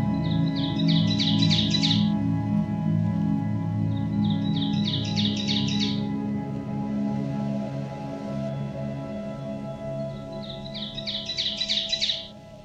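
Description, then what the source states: Ovenbird song: three bursts of rapidly repeated, emphatic high phrases over a constant low droning hum. Warbler of deep hardwood forests in eastern North America; song remembered by the mnemonic 'teacher, teacher, teacher'.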